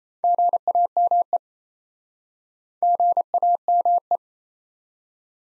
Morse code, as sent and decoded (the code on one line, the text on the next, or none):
--. .- -- . / --. .- -- .
GAME GAME